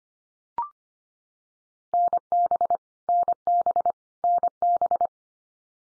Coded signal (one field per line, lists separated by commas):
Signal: Morse code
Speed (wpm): 25 wpm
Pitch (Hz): 700 Hz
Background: none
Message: NB NB NB